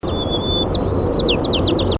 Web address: SONG SPARROW